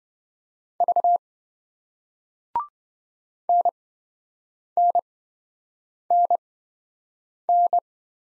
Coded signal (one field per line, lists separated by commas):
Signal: Morse code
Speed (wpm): 26 wpm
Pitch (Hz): 700 Hz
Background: none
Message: V NNNN